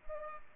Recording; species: mosquito wingbeat signal from an infrared sensor; Culex pipiens